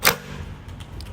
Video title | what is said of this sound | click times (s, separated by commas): A radical review of Qwik trucks(2024) | this section into place here and you'll hear a clicking noise hence quick trucks | 0.1 s